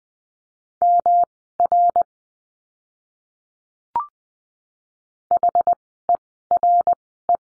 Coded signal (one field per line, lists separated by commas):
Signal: Morse code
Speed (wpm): 20 wpm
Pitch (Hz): 700 Hz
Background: none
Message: MR HERE